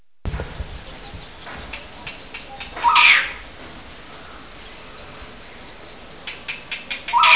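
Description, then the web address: Bird calls, two harsh scratchy bursts, one near three seconds and another at the end, with faint ticking and clicking notes in between over low background hiss. "vogels piep krasvogel"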